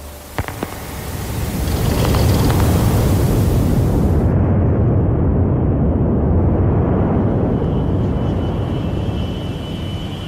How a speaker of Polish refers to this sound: Ryk żywiołu, przewalanie się wody, jakby pękła ogromna tama, albo jakby rzeka, którą widziałam w nocy, podeszła pod okna hotelu. W Japonii miało miejsce potężne trzęsienie ziemi.